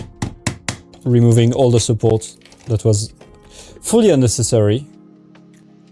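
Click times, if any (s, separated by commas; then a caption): none. A 3D printed plastic part, its unnecessary supports removed, is handled while being fitted to an X-Wing model. Sharp taps sound at 0.2, 0.5, 0.7 and 0.9 s, then someone talks, and a faint tap comes at 5.4 s. Nothing has seated or clicked into place yet.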